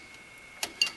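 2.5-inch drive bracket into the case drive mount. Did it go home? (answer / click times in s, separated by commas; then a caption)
yes / 0.6 s, 0.8 s. A pressure-fit 2.5-inch drive bracket is pushed into its mount behind the optical drive bays of a Phanteks Enthoo Primo case. Two short, sharp snaps are heard at 0.6 s and 0.8 s over a faint steady hum, the second louder. The bracket pops into place and is seated.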